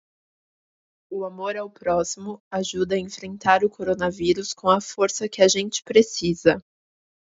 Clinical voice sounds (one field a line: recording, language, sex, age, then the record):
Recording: spoken sentence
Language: Brazilian Portuguese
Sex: female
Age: 20 to 29 years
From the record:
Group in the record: control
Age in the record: 26 years